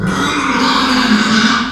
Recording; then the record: squeal of a Yucatan mini pig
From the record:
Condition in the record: after surgery on the right vocal fold (resection and tissue-engineered implant); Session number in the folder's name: 14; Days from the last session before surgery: 133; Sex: female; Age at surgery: 19 weeks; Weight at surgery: 25 kg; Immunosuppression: prednisolone